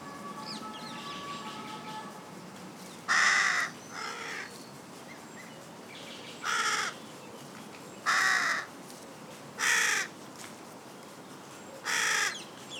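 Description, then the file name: Carrion crow giving loud hoarse caws, the first followed by a softer note, then four more spaced out. "Corvus corone"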